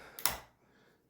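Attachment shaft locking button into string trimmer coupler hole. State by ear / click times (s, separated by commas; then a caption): seated / 0.3 s. A Kobalt string trimmer attachment shaft is rotated with its spring button pressed down until the button clicks into the edging-position hole on the coupler. A faint tick at 0.2 s leads into a sharp click at 0.3 s that fades quickly. The button seats and locks the attachment in place.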